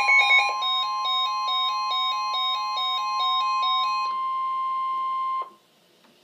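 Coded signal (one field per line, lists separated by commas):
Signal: Emergency Alert System (SAME) tones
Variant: 1050 Hz attention tone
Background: music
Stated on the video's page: Winter storm warning from a NOAA weather radio station under the Upton, New York forecast office.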